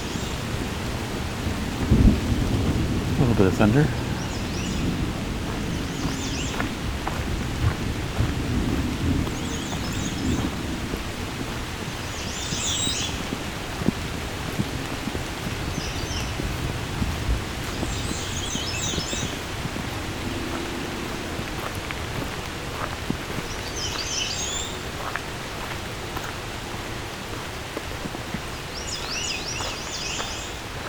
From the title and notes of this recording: Today I’m in the Dundas Valley, just below the Niagara Escarpment in Hamilton Ontario, one of the largest remaining Carolinian Forests in the region.